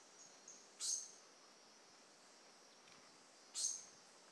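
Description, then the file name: Brachycephalus mirissimus calling with two brief, very high-pitched notes about three seconds apart. Individual 01, recorded 18 January 2018; specimen not collected. "Brachycephalus mirissimus 18 jan 2018 individual 01 ex 02 A E Confetti not collected"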